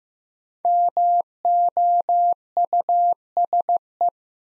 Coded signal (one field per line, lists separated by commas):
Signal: Morse code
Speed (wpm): 15 wpm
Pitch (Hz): 700 Hz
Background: none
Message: MOUSE